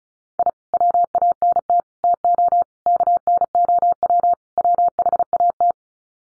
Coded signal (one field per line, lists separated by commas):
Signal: Morse code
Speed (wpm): 34 wpm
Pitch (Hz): 700 Hz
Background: none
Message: I WANT TO KNOW WHAT